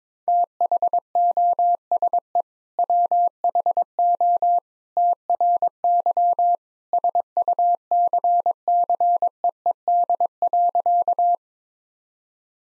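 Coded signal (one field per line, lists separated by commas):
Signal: Morse code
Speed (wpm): 22 wpm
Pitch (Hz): 700 Hz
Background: none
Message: THOSE WHO TRY SUCCEED.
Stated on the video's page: 22wpm drill of sentences containing common two-word phrases, each sent twice in Morse for head-copy practice.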